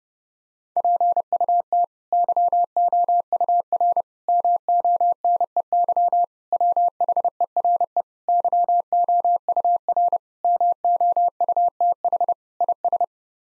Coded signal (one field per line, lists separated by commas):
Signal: Morse code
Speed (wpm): 30 wpm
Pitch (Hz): 700 Hz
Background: none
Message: PUT YOUR MONEY WHERE YOUR MOUTH IS